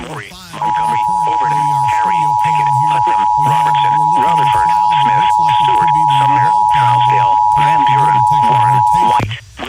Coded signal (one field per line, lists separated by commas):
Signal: Emergency Alert System (SAME) tones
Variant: 853 and 960 Hz attention tone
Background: speech